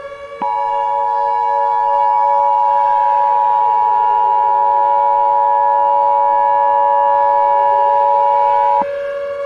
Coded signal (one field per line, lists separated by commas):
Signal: Emergency Alert System (SAME) tones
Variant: 853 and 960 Hz attention tone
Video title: #5 EAS Mock: Clownin' Around (Halloween 2023)